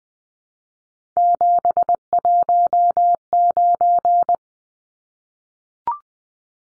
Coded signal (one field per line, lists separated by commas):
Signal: Morse code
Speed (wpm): 20 wpm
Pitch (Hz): 700 Hz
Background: none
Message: 719